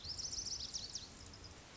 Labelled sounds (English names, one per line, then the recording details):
Lazuli Bunting
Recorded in Sonoma County, California